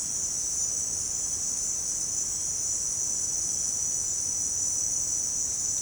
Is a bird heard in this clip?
no